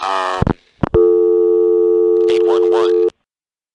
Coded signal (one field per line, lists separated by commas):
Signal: telephone call progress tone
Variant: North America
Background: speech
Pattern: dial tone